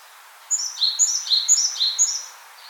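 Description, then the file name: Great tit giving a loud, clear run of four phrases, each of high notes stepping down to a lower one, evenly spaced about half a second apart. "Parus major"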